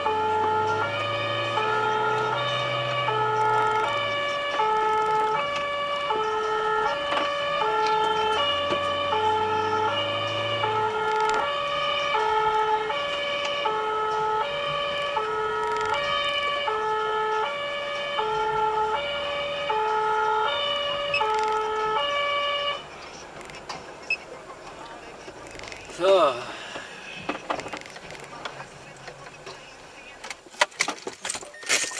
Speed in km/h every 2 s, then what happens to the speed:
50, 56, 38, 36, 42, 51, 55, 57, 49, 49, 54, 49, 41, 22, 16, 0.
2-6 brakes to 36. 6-12 speeds up to 55. 12-16 slows to 49. 20-32 brakes to 0.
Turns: none.